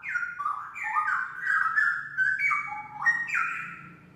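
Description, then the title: Oriental magpie-robin song, a steady stream of fluty whistles sliding between high and lower notes, with faint low hum underneath. "Kicau Kacer"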